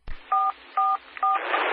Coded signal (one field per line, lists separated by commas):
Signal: DTMF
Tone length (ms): 180 ms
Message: 444